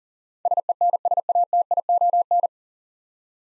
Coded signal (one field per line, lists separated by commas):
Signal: Morse code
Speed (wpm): 40 wpm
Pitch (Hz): 700 Hz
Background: none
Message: SENSATION